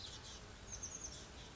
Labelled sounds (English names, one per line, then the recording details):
Oak Titmouse
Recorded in Sonoma County, California